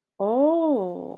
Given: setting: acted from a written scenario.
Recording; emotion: vocal sound without words; interest